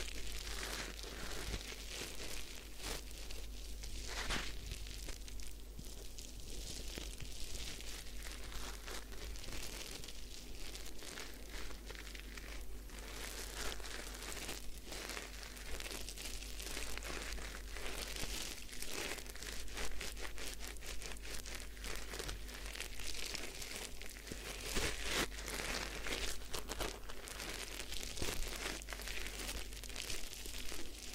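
A head spa hair wash with steady, dense scrubbing and crackling, like fingers working through wet, lathered hair. The rustle stays bright and busy for the whole stretch, with frequent sharper crinkles. A low, constant hum and a faint steady tone sit underneath.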